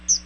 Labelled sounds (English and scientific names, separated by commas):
Chestnut-sided Warbler (Setophaga pensylvanica) flight call